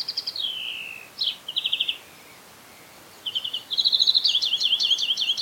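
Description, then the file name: European greenfinch: a falling trill, then short trills, a pause, and a louder run of rolling trills to the end. "Chloris chloris"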